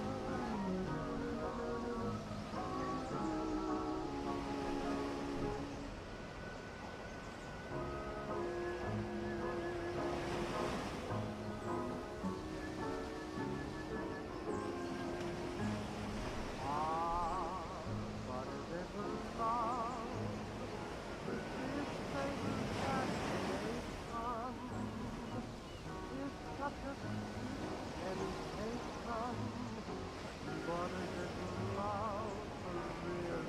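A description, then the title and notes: Ocean waves wash in steady surges, peaking around ten and twenty-three seconds, under a dense, constant chatter of birds and crying seagulls. Ocean waves w/ birds, seagulls.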